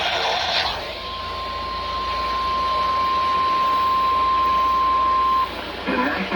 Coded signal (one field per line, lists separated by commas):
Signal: Emergency Alert System (SAME) tones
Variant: 1050 Hz attention tone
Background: speech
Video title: STORMING AND TESTING - EAS Alerts from 08/03/2022-08/04/2022 (EAS #654-664)